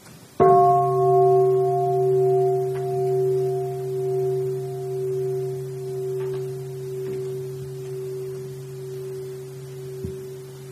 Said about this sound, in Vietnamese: Muốn thỉnh chuông thì thỉnh đi.